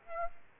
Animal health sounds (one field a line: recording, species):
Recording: mosquito wingbeat signal from an infrared sensor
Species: Aedes aegypti